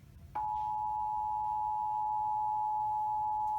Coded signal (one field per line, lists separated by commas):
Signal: Emergency Alert System (SAME) tones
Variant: 853 and 960 Hz attention tone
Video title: Here Come The Storms...EAS Alerts From July 22, 2020 (EAS #212-234)